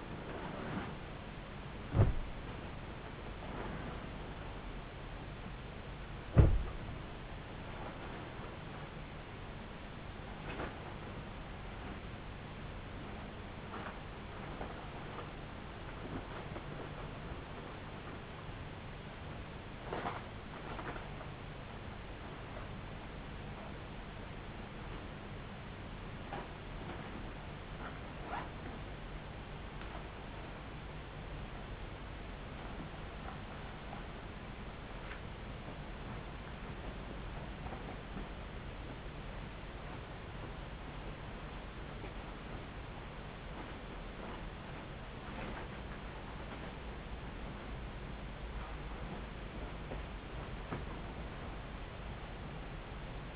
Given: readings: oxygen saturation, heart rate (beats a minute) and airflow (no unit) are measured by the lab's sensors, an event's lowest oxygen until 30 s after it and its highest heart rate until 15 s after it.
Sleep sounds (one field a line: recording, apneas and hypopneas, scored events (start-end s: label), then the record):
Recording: a person awake in a sleep study, by a voice recorder at the bedside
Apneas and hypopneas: none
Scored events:
0.00-53.36 s: awake
From the record:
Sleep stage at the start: awake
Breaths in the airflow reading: 19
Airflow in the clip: -0.7 to 0.7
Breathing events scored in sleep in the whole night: 270 in 6.1 hours asleep